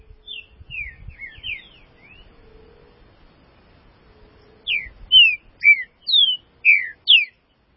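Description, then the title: Green-winged saltator song: a soft jumbled phrase, a pause, then six loud clear whistled notes, each slurring up or down, given in quick succession. "Trinca Ferro"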